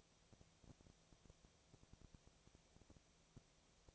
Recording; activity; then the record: daily activity, microphone in the room; no activity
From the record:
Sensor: 1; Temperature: 19.8 degrees Celsius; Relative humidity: 37.9%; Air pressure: 998.8 hPa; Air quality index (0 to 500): 233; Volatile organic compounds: 133 ppm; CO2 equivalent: 3942 ppm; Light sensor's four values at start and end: 1/2/1/1 and 1/2/1/1